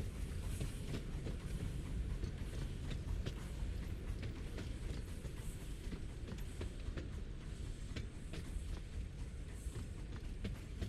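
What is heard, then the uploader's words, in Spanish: La Trochita train passing, a steady low rumble with frequent sharp clicks and clacks of wheels on rails throughout, constant loudness. La Trochita - Pasada En El Valle Del Rio Pipo - Lapataia. Recorrido sonoro por Uahuaia y Lapataia - Tierra del Fuego - Argentina.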